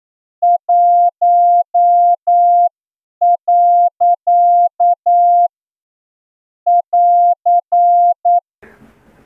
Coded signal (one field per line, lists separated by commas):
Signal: Morse code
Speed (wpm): 9 wpm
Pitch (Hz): 700 Hz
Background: none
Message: 1. <AR>